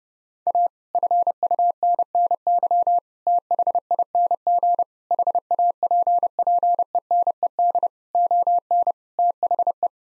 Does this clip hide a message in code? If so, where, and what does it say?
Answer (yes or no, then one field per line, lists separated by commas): yes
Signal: Morse code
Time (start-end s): 0.5-9.9 s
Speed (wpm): 32 wpm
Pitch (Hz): 700 Hz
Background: none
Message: A FUNNY THING HAPPENED ON THE